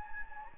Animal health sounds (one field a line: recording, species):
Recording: mosquito wingbeat signal from an infrared sensor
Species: Anopheles gambiae